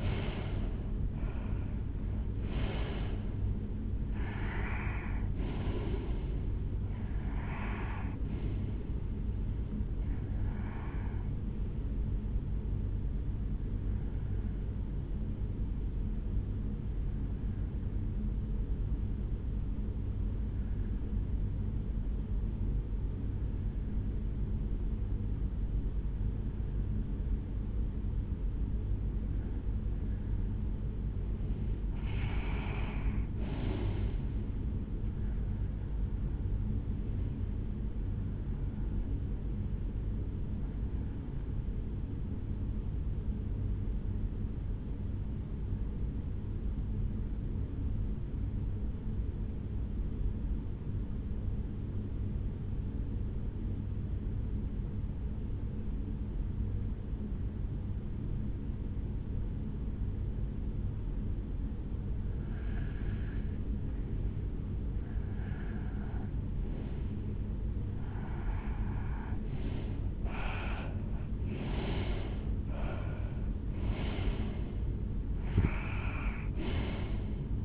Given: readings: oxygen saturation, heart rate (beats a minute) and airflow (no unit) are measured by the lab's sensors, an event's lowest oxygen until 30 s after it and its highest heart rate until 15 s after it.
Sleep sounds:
breathing in sleep by a smartphone at the bedside; 2
19.00-34.20 s: hypopnea (REM, oxygen 96% highest, then 89% lowest, heart rate 57 at the start, 72 highest)
38.00-67.10 s: hypopnea (REM, oxygen 94% highest, then 82% lowest, heart rate 71 at the start, 75 highest)
From the record:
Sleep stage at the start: REM sleep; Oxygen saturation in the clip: 80 to 96%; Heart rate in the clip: 57 to 75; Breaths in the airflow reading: 21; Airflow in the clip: -10.4 to 6.8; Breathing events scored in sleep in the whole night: 449 in 7.0 hours asleep

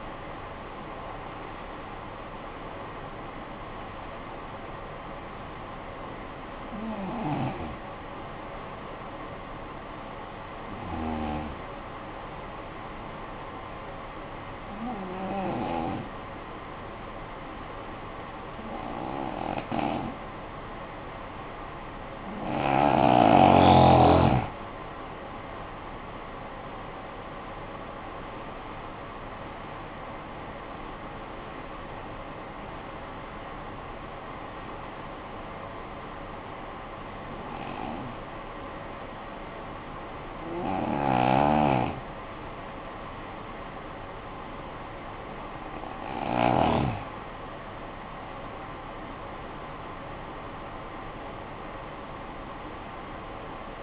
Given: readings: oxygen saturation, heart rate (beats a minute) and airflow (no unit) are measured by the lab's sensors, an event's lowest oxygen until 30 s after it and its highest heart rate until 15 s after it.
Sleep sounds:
breathing in sleep by a voice recorder at the bedside; 2
8.00-24.00 s: hypopnea (N1, oxygen 96% highest, then 88% lowest, heart rate 50 at the start, 71 highest)
26.00-53.83 s: new sleep stage, N2 (light sleep)
34.00-47.90 s: hypopnea (N2, oxygen 92% highest, then 88% lowest, heart rate 62 at the start, 67 highest)
From the record:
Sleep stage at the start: N1 (lightest sleep); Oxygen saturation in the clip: 85 to 96%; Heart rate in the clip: 49 to 71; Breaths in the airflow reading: 11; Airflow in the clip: -12.9 to 14.7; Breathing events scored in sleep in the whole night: 445 in 7.6 hours asleep

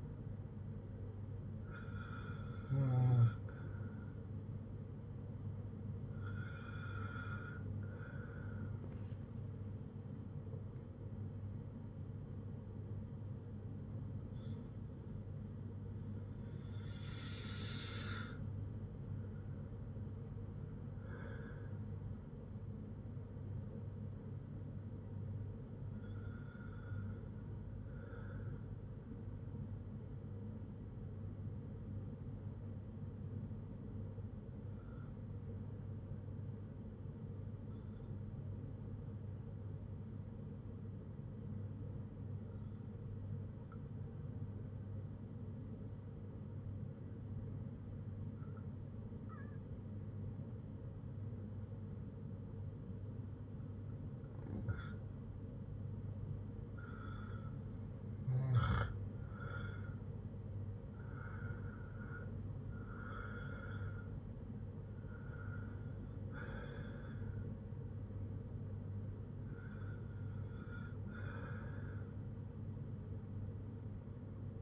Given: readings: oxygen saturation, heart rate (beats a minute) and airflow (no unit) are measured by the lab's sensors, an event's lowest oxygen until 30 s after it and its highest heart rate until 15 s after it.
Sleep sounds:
breathing in sleep by a smartphone at the bedside; 1
29.00-60.80 s: hypopnea (N1, oxygen 97% highest, then 92% lowest, heart rate 58 at the start, 66 highest)
From the record:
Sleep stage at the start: N1 (lightest sleep); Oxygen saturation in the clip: 91 to 97%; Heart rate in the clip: 56 to 81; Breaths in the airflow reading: 14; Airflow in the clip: -7.0 to 7.5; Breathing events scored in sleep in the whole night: 182 in 7.4 hours asleep

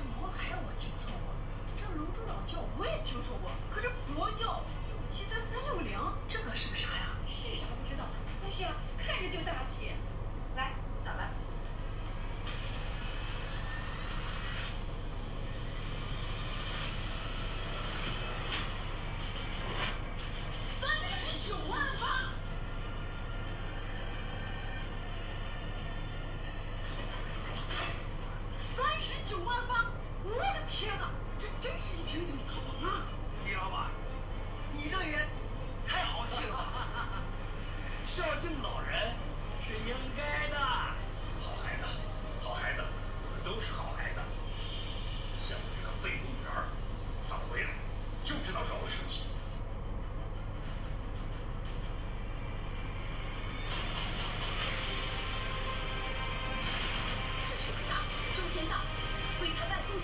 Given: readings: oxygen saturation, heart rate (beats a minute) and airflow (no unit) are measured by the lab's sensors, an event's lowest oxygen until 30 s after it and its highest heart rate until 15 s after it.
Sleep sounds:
a person awake in a sleep study, by a smartphone at the bedside; none
0.00-60.04 s: awake
From the record:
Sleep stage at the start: awake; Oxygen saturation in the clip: 93 to 94%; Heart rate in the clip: 58 to 65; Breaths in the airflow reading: 19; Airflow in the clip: -5.6 to 6.1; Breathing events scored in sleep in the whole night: 476 in 9.7 hours asleep

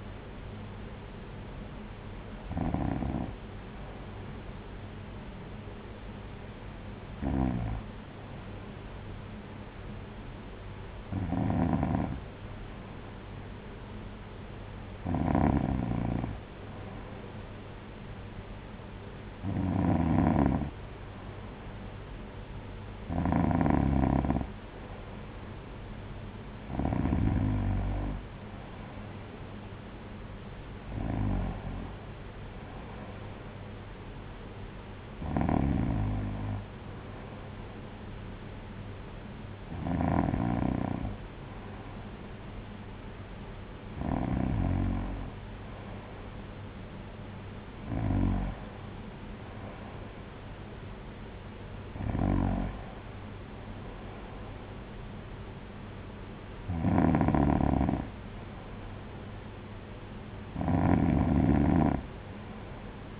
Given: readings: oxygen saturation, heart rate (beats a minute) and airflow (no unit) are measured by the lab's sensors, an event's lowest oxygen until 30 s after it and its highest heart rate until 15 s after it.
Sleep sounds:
breathing in sleep by a voice recorder at the bedside; none
none scored
From the record:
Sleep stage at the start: N2 (light sleep); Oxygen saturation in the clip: 93 to 95%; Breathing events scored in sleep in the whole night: 226 in 8.8 hours asleep

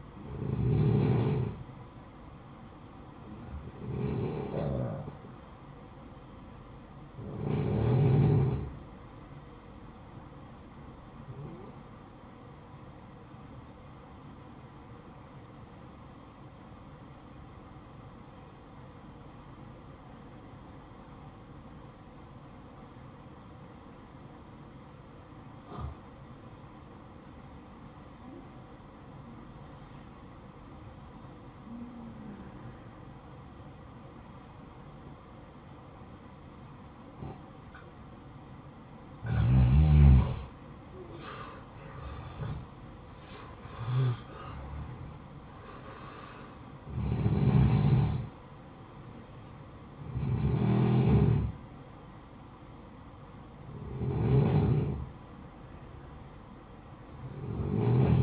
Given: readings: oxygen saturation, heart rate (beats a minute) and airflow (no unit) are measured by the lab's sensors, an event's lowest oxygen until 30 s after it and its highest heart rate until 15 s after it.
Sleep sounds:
breathing in sleep by a smartphone at the bedside; 1
17.00-37.00 s: obstructive apnea (N1, oxygen 95% highest, then 87% lowest, heart rate 58 at the start, 66 highest)
From the record:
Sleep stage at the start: N1 (lightest sleep); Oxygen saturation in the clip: 89 to 95%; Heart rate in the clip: 56 to 66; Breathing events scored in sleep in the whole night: 573 in 9.8 hours asleep

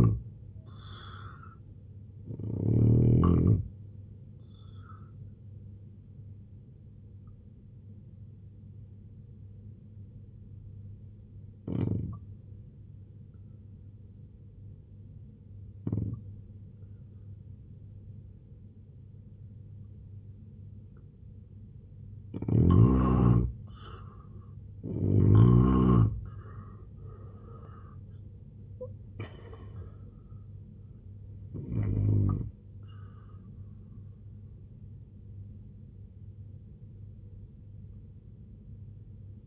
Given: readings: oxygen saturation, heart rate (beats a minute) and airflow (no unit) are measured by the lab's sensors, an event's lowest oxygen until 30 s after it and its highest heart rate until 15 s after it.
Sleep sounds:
breathing in sleep by a smartphone at the bedside; 1
4.00-23.90 s: hypopnea (N2, oxygen 90% highest, then 82% lowest, heart rate 79 at the start, 95 highest)
16.00-39.47 s: new sleep stage, N1 (lightest sleep)
From the record:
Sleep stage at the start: N2 (light sleep); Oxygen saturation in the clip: 82 to 90%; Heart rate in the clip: 64 to 95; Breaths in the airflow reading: 5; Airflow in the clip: -15.0 to 8.3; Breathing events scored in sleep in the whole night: 258 in 7.4 hours asleep

